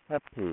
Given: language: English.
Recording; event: throat vibration sensor signal played as sound; speech